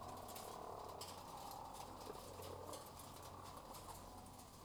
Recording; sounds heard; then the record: poultry house recording; sick chickens (respiratory disease)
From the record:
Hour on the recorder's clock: 11